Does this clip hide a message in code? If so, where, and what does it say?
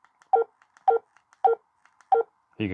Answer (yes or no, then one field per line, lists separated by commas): no